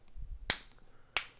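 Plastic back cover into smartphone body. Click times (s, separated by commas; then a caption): 0.5 s, 1.2 s. A plastic battery back cover is pressed around its edge onto the body of a Galaxy Nexus smartphone so its perimeter clips snap into place. Two sharp, bright snaps ring out at 0.5 s and 1.2 s over a low rumble, with a few faint ticks in between. The clips are heard seating, and the back cover is confirmed snapped in.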